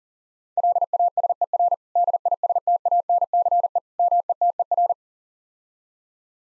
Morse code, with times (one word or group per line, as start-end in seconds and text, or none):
0.6-1.7 LASER
2.0-3.8 DISTANCE
4.0-4.9 METER